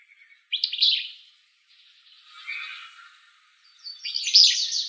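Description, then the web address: Willow flycatcher song: a loud buzzy burst, a quieter hoarse phrase, then another strong, rough, sneezy buzz at the end. Recorded in Arizona on 26 May 2008. "Flycatchers AZFO WIFL"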